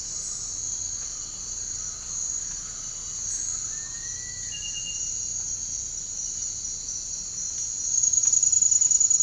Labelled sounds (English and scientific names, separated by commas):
none